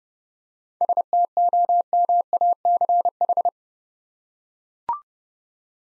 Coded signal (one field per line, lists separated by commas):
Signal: Morse code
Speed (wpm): 30 wpm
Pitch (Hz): 700 Hz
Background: none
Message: STOMACH